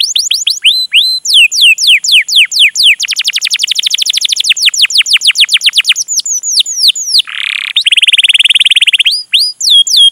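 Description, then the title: Canary singing loud, fast rolling trills alternating with sweeping downward whistles, a short rasping buzz, then a quick high rattle. Long, continuous chatty (gacor panjang) song, used as a lure (pancingan) to prompt a canary to sing and as tutoring (masteran) material. "PANCINGAN Kenari GACOR PANJANG. Pancingan Gacor Masteran"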